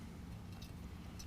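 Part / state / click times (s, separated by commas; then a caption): parking sensor into bumper sensor bracket / not seated / none. A factory parking sensor is pushed by hand from the outside of a steel Bodyguard A2L base front bumper into its plastic sensor bracket on a 2019 GMC Sierra 1500. Quiet handling noise is heard with a few small ticks, including a brief one around 1.2 seconds. Nothing has seated or clicked yet.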